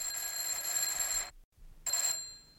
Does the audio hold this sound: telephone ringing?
yes